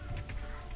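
A replacement circulation pump for an LG dishwasher is fed onto its two plastic mounting clips in the dishwasher sump, one at the back and one at the top, and pushed in. A short click is heard at 0.3 s over a steady low hum. The pump is seated on its clips.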